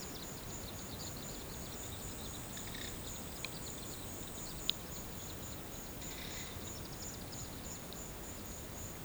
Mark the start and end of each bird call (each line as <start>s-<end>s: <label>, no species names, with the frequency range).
0.05s-5.65s: bird call (1.8-5.8 kHz)
5.95s-7.82s: bird call (1.3-6.0 kHz)